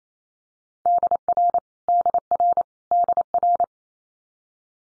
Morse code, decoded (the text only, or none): DR DR DR